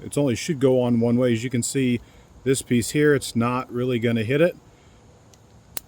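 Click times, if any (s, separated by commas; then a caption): 5.8 s. Someone talks while fitting a plastic latch piece onto the latch-release side of a Ford F-150 rear seat; the piece goes on only one way. After a quiet pause, a sharp, loud snap at 5.8 s shows the piece clicking into place in the rear seat latch release housing.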